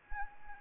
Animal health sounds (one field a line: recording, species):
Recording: mosquito wingbeat signal from an infrared sensor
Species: Anopheles arabiensis